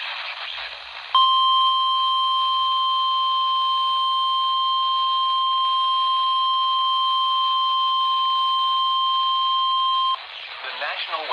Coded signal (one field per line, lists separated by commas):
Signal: Emergency Alert System (SAME) tones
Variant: 1050 Hz attention tone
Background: speech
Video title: (EAS "#809") Severe Thunderstorm Warning from WXJ20 (Columbia, SC) - 6/25/2025